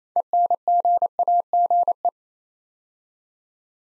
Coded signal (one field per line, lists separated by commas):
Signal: Morse code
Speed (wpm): 27 wpm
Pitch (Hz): 700 Hz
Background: none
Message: ENGAGE